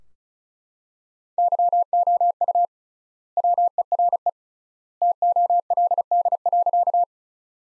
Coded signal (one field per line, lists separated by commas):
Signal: Morse code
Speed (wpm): 34 wpm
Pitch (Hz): 700 Hz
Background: none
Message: YOU WERE TOLD.